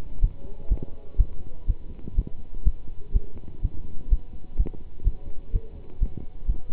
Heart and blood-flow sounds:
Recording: heart sounds by stethoscope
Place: between the tricuspid and mitral areas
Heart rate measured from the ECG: 125 bpm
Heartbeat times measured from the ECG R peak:
0.21 s: heartbeat
0.69 s: heartbeat
1.17 s: heartbeat
1.67 s: heartbeat
2.15 s: heartbeat
2.64 s: heartbeat
3.13 s: heartbeat
3.61 s: heartbeat
4.09 s: heartbeat
4.57 s: heartbeat
5.04 s: heartbeat
5.52 s: heartbeat
5.99 s: heartbeat
6.46 s: heartbeat
From the record:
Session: pedaling a stationary bicycle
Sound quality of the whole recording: good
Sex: male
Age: 27 years

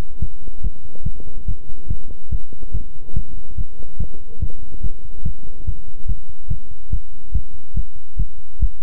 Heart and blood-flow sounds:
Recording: heart sounds by stethoscope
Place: between the tricuspid and mitral areas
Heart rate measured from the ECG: 143 bpm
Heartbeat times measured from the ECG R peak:
0.20 s: heartbeat
0.62 s: heartbeat
1.04 s: heartbeat
1.46 s: heartbeat
1.88 s: heartbeat
2.30 s: heartbeat
2.72 s: heartbeat
3.14 s: heartbeat
3.56 s: heartbeat
3.98 s: heartbeat
4.40 s: heartbeat
4.81 s: heartbeat
5.23 s: heartbeat
5.65 s: heartbeat
6.07 s: heartbeat
6.48 s: heartbeat
6.90 s: heartbeat
7.32 s: heartbeat
7.74 s: heartbeat
8.17 s: heartbeat
8.59 s: heartbeat
From the record:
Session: pedaling a stationary bicycle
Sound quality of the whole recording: good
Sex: male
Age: 24 years

